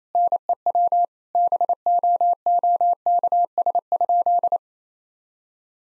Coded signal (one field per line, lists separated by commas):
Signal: Morse code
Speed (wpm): 27 wpm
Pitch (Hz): 700 Hz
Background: none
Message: NEW BOOKS?